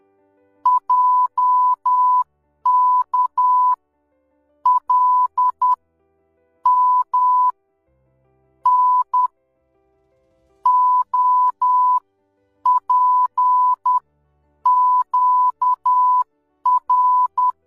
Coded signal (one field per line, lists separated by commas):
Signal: Morse code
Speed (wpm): 10 wpm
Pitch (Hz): 1000 Hz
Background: none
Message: JK L M N OPQR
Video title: Morse code